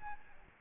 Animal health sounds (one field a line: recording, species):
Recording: mosquito wingbeat signal from an infrared sensor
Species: Aedes albopictus